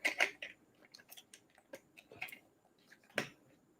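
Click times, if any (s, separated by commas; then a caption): 3.2 s. A toy night-vision goggle mount is inserted and slid onto a helmet shroud, with a series of light plastic ticks and scrapes as it moves along. At 3.2 s a sharp, short click rings out as the locking button catches, and the mount is seated in the shroud.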